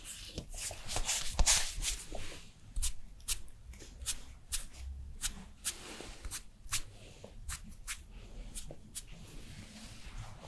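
A Korean skincare routine with repeated crisp taps and soft rubbing, a dense flurry near the start, then regular light pats over faint low rumble.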